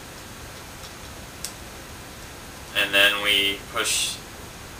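Two plastic back pieces of a Transformers Movie Leader Class Optimus Prime transforming robot toy truck are handled as they are about to be pushed together. A brief, faint tick is heard at 1.5 s over a quiet hiss, then someone talks from about 2.8 s to 4.1 s. Nothing has seated or clicked yet.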